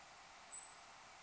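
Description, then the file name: White-throated sparrow call: one thin, very high tseet note lasting about a quarter second, over faint steady background hiss. Call, January 2015. "WTSP-call-1-Jan-2015"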